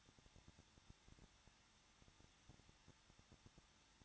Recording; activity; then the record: daily activity, microphone in the room; no activity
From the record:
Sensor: 3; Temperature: 21.2 degrees Celsius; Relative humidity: 36.3%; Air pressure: 1006.2 hPa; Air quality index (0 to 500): 222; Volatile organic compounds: 41 ppm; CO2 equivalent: 3170 ppm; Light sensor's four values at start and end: 2/3/2/2 and 2/3/2/2